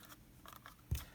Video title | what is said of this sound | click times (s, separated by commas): Chapter 4: Other DMM Functionality | so after you close this back up you should hear a click at the top | 0.9 s